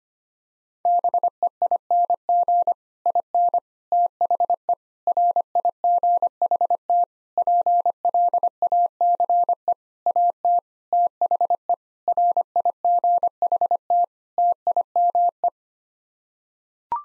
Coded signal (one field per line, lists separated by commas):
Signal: Morse code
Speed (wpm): 25 wpm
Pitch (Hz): 700 Hz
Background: none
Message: BEING IN THE RIGHT PLACE AT THE RIGHT TIME